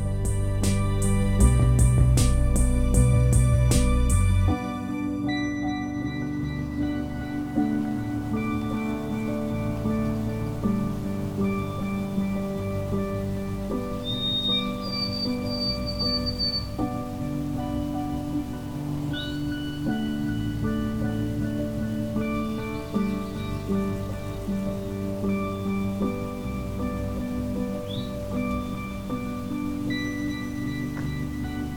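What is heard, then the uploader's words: A summer day at Fletcher Creek Ecological Preserve: loud clattering knocks for four seconds, then a steady low hum with occasional short bird chirps. White-throated Sparrow. A summer's day at Fletcher Creek Ecological Preserve in Flamborough, Ontario.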